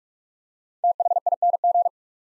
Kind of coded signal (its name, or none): Morse code